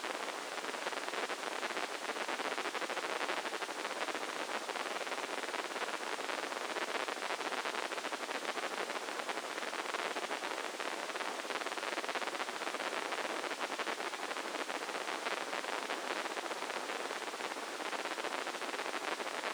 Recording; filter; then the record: brain microelectrode recording played as sound; spike band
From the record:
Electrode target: subthalamic nucleus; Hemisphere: left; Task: reaching with the right hand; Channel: 1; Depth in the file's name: 2.977 mm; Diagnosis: Parkinson's disease